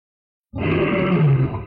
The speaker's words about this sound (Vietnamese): Bóng lông gào to, tức không chịu nổi nữa.